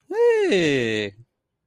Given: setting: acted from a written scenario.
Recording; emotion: vocal sound without words; realization